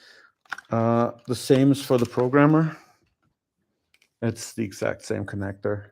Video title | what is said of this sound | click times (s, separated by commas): Newton ROM Board Programmer | and it clicks you can hear it click and that's when the card is safe | 0.5 s